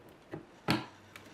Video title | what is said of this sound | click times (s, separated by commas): How To Build A Gaming PC | and you hear the click so you can see it is in and locked into place so | 0.7 s